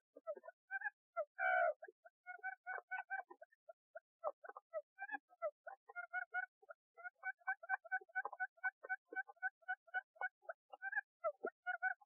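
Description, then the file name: Barred Buttonquail calls: a steady run of short, ticking, harmonic notes repeated several times a second, with one louder, drawn-out nasal note early on. "นกคุ้มอืด"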